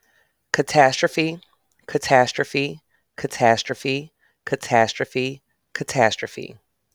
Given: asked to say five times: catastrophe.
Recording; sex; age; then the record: repeated word; female; 40 to 49 years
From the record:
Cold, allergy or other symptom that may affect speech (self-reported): no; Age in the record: 40 years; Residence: Illinois, United States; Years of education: 12